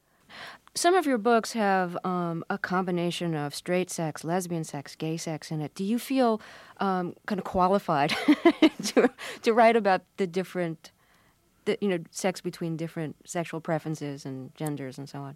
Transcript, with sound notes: Some of your books have a combination of straight sex, lesbian sex, gay sex in it. Do you feel kind of qualified (laughter) to write about the different, you know, sex between different sexual preferences and genders and so on?